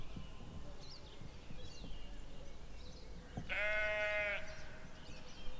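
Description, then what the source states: Sheep bleat: one clear harmonic bleat near the middle against steady low background noise, with faint higher calls scattered around. Sheep in open land.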